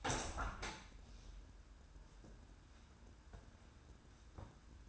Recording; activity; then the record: daily activity, microphone in the room; open window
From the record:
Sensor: 2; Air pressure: 994.2 hPa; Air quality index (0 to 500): 209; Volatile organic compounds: 1000 ppm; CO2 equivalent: 6918 ppm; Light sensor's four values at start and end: 66/156/64/63 and 76/174/73/73